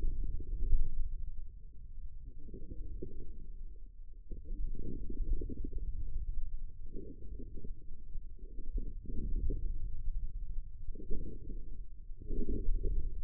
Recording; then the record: forearm muscle sounds (acoustic myography)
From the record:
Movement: inward rotation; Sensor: system 2, bracelet of six BSWA MPA416 microphones around the upper forearm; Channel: 3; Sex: male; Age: 22 years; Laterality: right